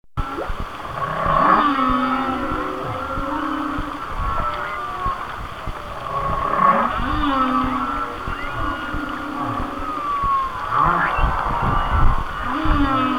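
Whale song of long moaning tones and wavering whistles, with a steady hiss throughout.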